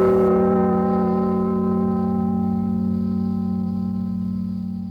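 A deep bell is struck once at the start, its rich, humming tone ringing on steadily and slowly fading over several seconds, with no voices or other instruments.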